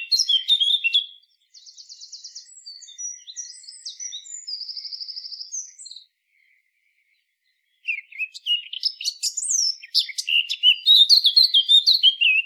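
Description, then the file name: Eurasian blackcap song: warbling phrases, then quieter buzzy trilled notes, a pause of about two seconds, then louder, longer varied warbling. "Sylvia atricapilla"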